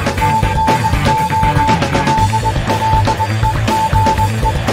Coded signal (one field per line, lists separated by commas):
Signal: Morse code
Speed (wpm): 21 wpm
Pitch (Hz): 880 Hz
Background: music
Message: TNO DLEGE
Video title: Ham College 87